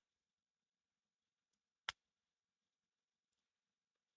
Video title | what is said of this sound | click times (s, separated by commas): LEGO Dreamzzz Dino Jet - Doin' It Live #303 | Man, that snapped in place, and that was super satisfying. | 1.9 s